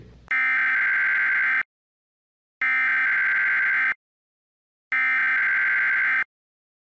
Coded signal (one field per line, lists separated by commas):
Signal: Emergency Alert System (SAME) tones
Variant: header bursts